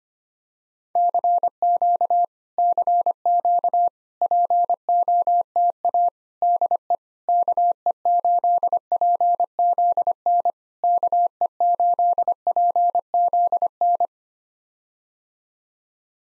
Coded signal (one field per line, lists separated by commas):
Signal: Morse code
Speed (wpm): 25 wpm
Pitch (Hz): 700 Hz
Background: none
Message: CQ CQ POTA DE KE8PZN KE8PZN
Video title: POTA QSO Practice - 25wpm